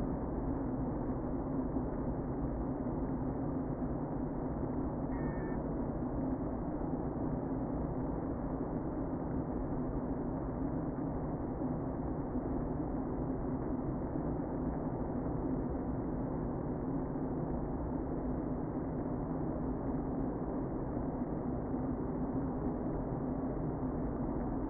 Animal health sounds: honeybee colony, microphone inside the hive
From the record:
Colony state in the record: queen present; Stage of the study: before two queens were removed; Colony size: about 60,000 bees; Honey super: yes

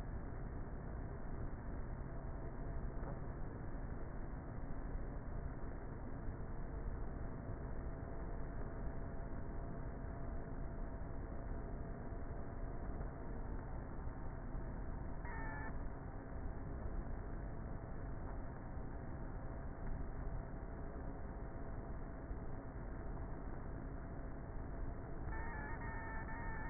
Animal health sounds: honeybee colony, microphone inside the hive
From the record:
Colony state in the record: queenless with a low population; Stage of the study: before two queens were removed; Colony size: about 30,000 bees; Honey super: no

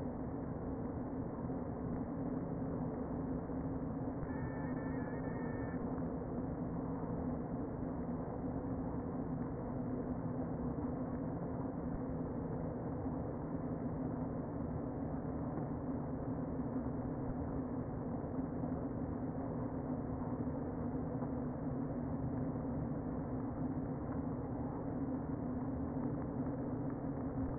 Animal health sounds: honeybee colony, microphone inside the hive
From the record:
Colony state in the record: queen present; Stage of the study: before two queens were removed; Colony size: about 60,000 bees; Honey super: yes

